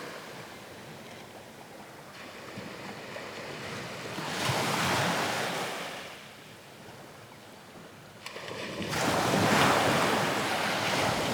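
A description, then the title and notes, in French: Waves on a Pacific beach wash in and draw back in a slow rhythm, with two louder surges around four to six seconds and again from nine seconds on. Between them a softer hiss of surf continues, with some wind rumbling low underneath. Plage Pacifique. Le sable corallien est d'un blanc lumineux et la mer d'un vert émeuraude. Bienvenue à Jervis bay en Australie.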